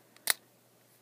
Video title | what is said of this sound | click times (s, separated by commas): Maketoys TRASH-TALK and COGWHEEL (aka Swerve and Gears) | That one clicked all the way. | 0.3 s